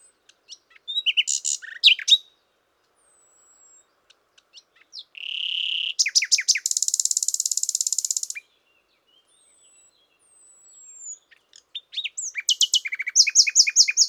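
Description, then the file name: Common nightingale song: varied bursts of chirps and whistles, a harsh buzzy note, then a long, dense rattling trill, followed by more quick repeated phrases after a short pause. "Luscinia megarhynchos"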